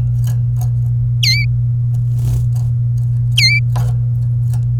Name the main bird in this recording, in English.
Domestic Canary